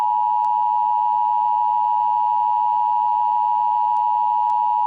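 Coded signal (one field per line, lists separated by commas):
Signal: Emergency Alert System (SAME) tones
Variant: 853 and 960 Hz attention tone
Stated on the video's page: Self-made fictional EAS scenario; the alert is simulated.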